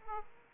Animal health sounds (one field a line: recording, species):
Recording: mosquito wingbeat signal from an infrared sensor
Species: Aedes aegypti